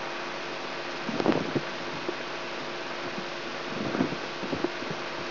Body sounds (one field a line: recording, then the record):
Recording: brain microelectrode recording played as sound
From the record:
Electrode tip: inside the subthalamic nucleus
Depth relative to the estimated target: -2 mm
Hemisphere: right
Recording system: AlphaMap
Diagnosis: Parkinson's disease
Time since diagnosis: 16 years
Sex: male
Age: 67 years